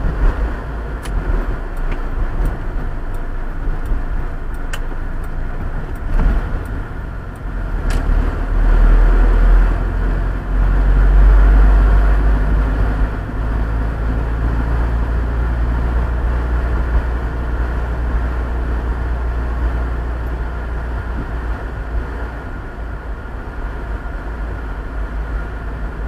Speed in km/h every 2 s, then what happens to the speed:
42, 37, 33, 28, 25, 29, 38, 43, 46, 46, 46, 44, 41.
0-8 slows to 25. 8-15 speeds up to 46. 15-26 steady at about 46.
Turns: 5-8.